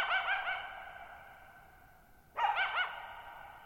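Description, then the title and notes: Coyote giving wavering yips, one burst already under way at the start and another a couple of seconds later, each tailing into a long echoing decay over a quiet background. Lone coyote calling at night, July 14, 2019, near Thirtymile Meadows, Okanogan National Forest, Okanogan High Country, Pacific Northwest, 6400 ft (1950 m), shallow bowl-shaped meadow on a high dry plateau. "Lone Coyote at Thirtymile Meadows. night of July 14, 2019, camped near Thirtymile Meadows in the Okanogan National Forest at 6400 ft (1950 m)"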